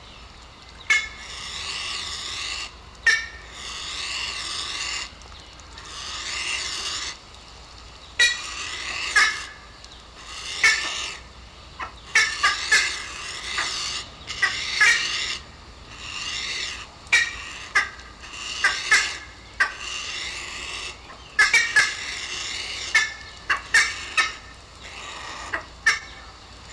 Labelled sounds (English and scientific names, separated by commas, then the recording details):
Black-faced Ibis (Theristicus melanopis)
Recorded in captivity
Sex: diverse
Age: diverse
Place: Zoo Berlin, Berlin, DE
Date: 1997-08-19 11:07
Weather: 26-28°C, heiter
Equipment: Marantz CP 130, Mikro CE, Kopie Uher 4000 Report Monitor
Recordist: Tembrock, Günter
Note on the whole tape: Zwei adulte Tiere (Eltern): Kurzlaute, ein fast adultes Jungtier: "Bettelzischen"